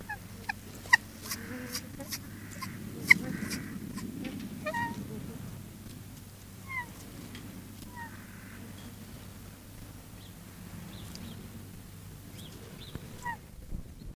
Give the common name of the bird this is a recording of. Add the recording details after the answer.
Hawaiian Goose. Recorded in captivity. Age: adult. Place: Zoo Rostock, Mecklenburg-Vorpommern, DE. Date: 1984-02-04 14:40. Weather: overcast, 3-6°C. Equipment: Nagra SN, Kopie Uher 4000 Report Monitor. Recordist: Tembrock, Günter. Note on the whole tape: Laute in Kopfvorwärts-Haltung